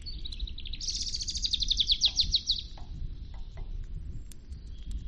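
European robin song: a high, thin phrase of rapid repeated notes forming a fast trill over a noisy low rumble, with a few soft clicks afterward.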